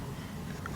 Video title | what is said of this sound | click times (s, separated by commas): 1999-2000 Mercury Cougar - 2.5 - Spark Plugs And Ignition Wires Replacement #mercurycougar | and be careful guys do not push this and i'm looking to push it down so i hear it clicks on to the | 0.7 s